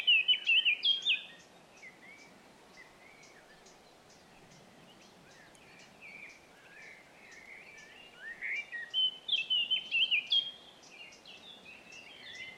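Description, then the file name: Eurasian blackcap singing: a short warbled phrase, a stretch of quiet scratchy notes, then a louder run of clear whistles. Faint regular ticking runs in the background. "Sylvia atricapilla"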